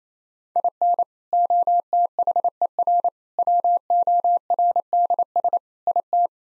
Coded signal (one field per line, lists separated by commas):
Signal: Morse code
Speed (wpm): 28 wpm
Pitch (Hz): 700 Hz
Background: none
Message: IN OTHER WORDS IT